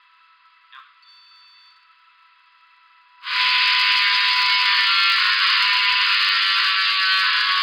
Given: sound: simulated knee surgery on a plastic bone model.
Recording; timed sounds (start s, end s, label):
surgical tools on bone
3.37	7.63	sawing